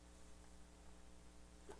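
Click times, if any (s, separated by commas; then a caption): none. A limb on a monster action figure is handled in its stiff new plastic ratchet joint, heard as faint soft handling over a steady low electrical hum, with a brief small rise near 1.7 s. Nothing has snapped into place yet.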